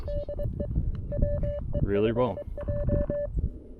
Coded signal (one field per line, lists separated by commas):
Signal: Morse code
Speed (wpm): 24 wpm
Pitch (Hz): 580 Hz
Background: speech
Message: DE WE5J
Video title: BUDGET CW! CFT-1, 3d Printed Key, and DIY Antenna! Oh My!